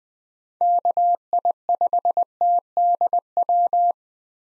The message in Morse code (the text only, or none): KI5TDW